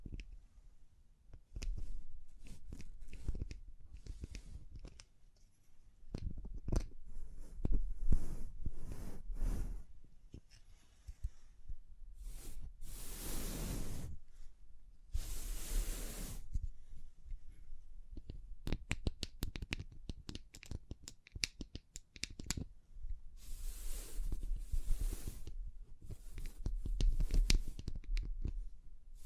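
Tapping, scratching and brushing sounds come in dense, irregular bursts, with quick clicks and rustling strokes throughout. Longer bright brushing or crinkling sweeps stand out around 13–16 seconds and again near 24–28 seconds. Brief quiet gaps separate some passages.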